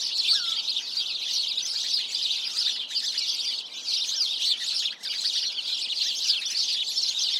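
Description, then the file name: House sparrow flock chattering, dense sharp chirps overlapping continuously, with brief lulls. "Passer domesticus"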